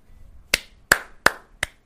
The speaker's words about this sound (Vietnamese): Bốp bốp mấy tiếng vang lên. Dường như tất cả mọi người đều ngẩng đầu hướng về phía có tiếng vỗ tay. Một người đàn ông khoảng hơn 30 tuổi đứng ở cửa vỗ tay.